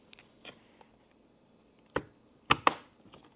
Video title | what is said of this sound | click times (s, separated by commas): PC build from a newbie. (I did my bestish) | There. Snapped right in. Took a little force, but we got it. | 2.5 s, 2.7 s